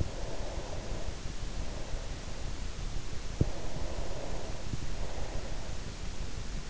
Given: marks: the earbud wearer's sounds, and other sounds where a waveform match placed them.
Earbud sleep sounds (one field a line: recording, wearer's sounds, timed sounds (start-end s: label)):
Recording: sounds in sleep by an in-ear microphone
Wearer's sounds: breath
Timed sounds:
0.42-2.50 s: breath
3.54-5.88 s: breath